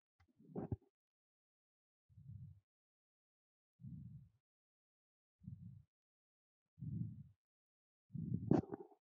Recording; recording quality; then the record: shallow breathing; poor, much background noise or distortion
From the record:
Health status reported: respiratory illness, not identified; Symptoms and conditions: asthma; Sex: male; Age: 25 years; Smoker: not ticked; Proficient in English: yes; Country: India